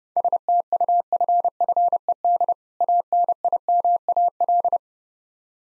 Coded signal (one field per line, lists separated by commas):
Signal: Morse code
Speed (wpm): 30 wpm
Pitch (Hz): 700 Hz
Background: none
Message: STUFFED ANIMAL